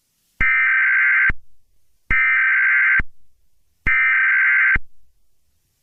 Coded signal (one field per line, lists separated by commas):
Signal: Emergency Alert System (SAME) tones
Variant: header bursts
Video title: EAS Scenario: Ghost Formula 1 the bad guys First 6 Opening scene